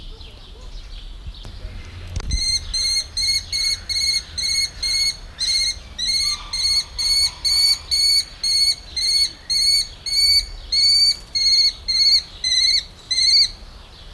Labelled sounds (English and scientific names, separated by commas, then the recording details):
Mauritius Kestrel (Falco punctatus) call
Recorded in captivity
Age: adult
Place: Tierpark Berlin, Berlin, DE
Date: 1997-06-28 18:18
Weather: 25°C, heiter
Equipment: Sony MD-WM MZ-R3, Sennheiser MKH 416 T, Kopie Uher 4000 Report Monitor
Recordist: Tembrock, Günter
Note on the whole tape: Zwei Tiere: drei Rufreihen, Entfernung ca. 7 m